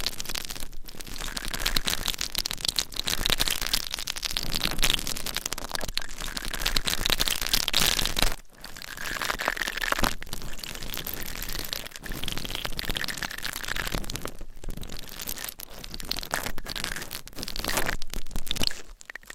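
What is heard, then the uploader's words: Dense, continuous scratching and rubbing against surfaces, crisp and bright, with crinkly, crunching textures throughout. The sound runs steadily with brief dips, one clear pause near eight seconds, and faint short taps scattered among the scratching. ASMR Deep Ear Attention Scratching , Tapping & Massage with Different Items & Nails No Talking.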